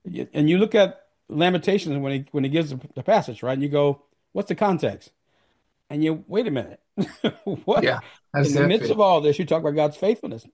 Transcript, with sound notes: and you look at Lamentations when he, when he gives the p- the passage, right? And you go, "What's the context?" And you, wait a minute, (laughs) what?
Yeah. Exactly.
In the midst of all this, you talk about God's faithfulness.